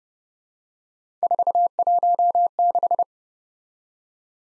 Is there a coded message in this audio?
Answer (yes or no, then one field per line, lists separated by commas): yes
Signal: Morse code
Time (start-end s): 1.2-3.0 s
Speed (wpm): 29 wpm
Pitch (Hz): 700 Hz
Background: none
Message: 416